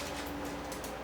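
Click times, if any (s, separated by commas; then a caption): none. A plastic dialysis cartridge is pushed up and in by hand to load it into a home hemodialysis cycler, where a snap would show it is placed correctly. Only a steady machine hum with faint tonal lines is heard, with no sharp sounds. Nothing has seated or clicked yet.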